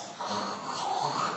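A brief, wet, gurgling rattle with rough throaty noise and a faint whistle-like tone, imitated by a clinician as heard at the bedside of a dying patient in the emergency department. This is the death rattle: secretions pooling in the throat when a dying patient can no longer swallow, typically heard hours to days before death. It distresses families, who ask whether the patient is suffering.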